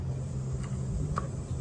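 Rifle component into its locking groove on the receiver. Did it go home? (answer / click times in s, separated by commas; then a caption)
yes / 1.2 s. During basic maintenance and reassembly of an AK-104 rifle, a part is slid into its locking groove on the receiver and pressed down. Over a steady low background rumble, a single sharp click sounds at 1.2 s as the part seats into the lock.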